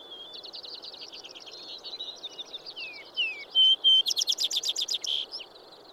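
Vesper sparrow song: a soft jumble of chattering notes, downslurred whistles, two loud clear tones, then a rapid bright trill ending abruptly; constant low hiss.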